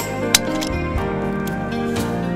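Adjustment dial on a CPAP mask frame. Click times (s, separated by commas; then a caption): 0.3 s. The plastic MicroFit adjustment dial on the frame of a ResMed Mirage SoftGel CPAP nasal mask is wound back to setting one over background music. A sharp click at 0.35 s shows the dial has clicked into the setting.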